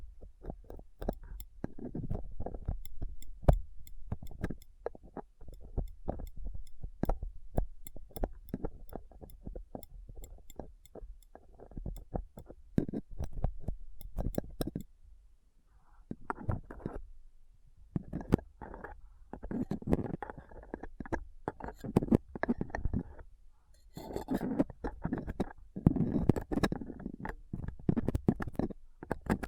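Rough scratching and picking against a microphone with a dental pick, tweezers and cotton swab, in dense, irregular clicks and scrapes throughout, busier after fifteen seconds.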